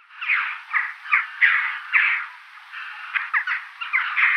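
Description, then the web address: Chough calls, a quick series of short harsh notes in a busy, uneven rhythm. "Schulze Peter Chough calls"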